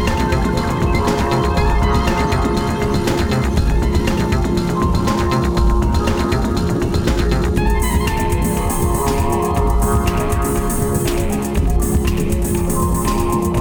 Pericardial friction rub. When inflamed pericardial surfaces rub together, they produce characteristic high-pitched friction noises called rubs.